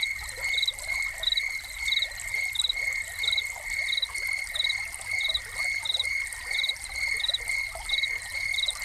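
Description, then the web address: Crickets calling continuously, a high sustained trill overlaid by short chirps recurring at an even pace, with fountain water splashing throughout. Soundscape of crickets recorded with a fountain. "Soundscapes Crickets and Fountain"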